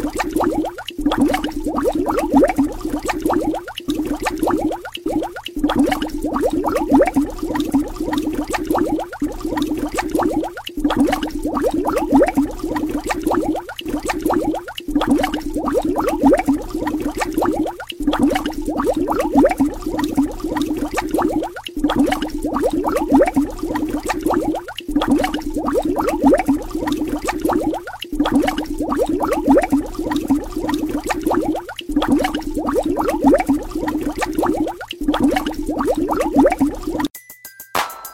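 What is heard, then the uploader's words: Bubbles stream through cool water in a dense, steady churn, with a low burbling core and fizzy crackle above it. Brief dips break the flow every few seconds, and the bubbling stops abruptly near the end. Bubbles in cool water.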